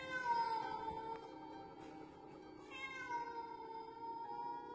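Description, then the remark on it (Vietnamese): A cat, suddenly springing up from sleep at midnight before dashing outside, meows in a drawn-out, wavering cry that holds steady, then dips and rises again into a second tonal call, with no talking over it. “Nó kêu lên mấy tiếng rồi lao vọt ra ngoài, làm cho lão Toàn lại một phen thót tim.”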